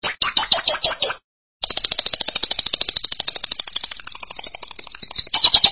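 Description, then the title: Lovebird calls: a burst of sharp stuttering chirps, a short pause, then a long fast buzzy chatter that wavers slightly in pitch. "BM Suara Burung Lovebird"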